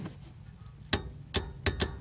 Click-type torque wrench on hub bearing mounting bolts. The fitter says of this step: listen for the click